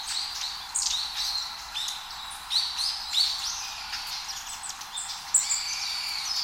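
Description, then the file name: Long-tailed tit calls, thin high chirps and short trilling notes in quick irregular bursts throughout. "enaga"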